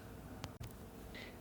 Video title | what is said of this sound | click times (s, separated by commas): Zero Edge Z3D Dash Camera Unboxing, Setup, and Overview | insert the suction cup into the slot, slide until it clicks into place. | 0.4 s